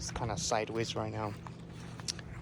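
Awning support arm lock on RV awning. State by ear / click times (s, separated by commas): seated / 2.1 s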